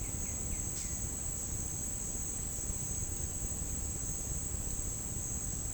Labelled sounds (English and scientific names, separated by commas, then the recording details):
White-winged Becard (Pachyramphus polychopterus)
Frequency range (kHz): White-winged Becard (Pachyramphus polychopterus) 1.2-3.4 kHz
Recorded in dense forest near Puerto Asís, Putumayo, Colombia, on 25 June 2025 at 10:00
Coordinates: 0.481, -76.323
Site G072